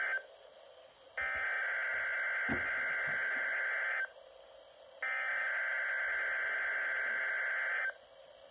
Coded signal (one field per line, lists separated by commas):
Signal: Emergency Alert System (SAME) tones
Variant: header bursts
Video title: Required Weekly Test (EAS #6)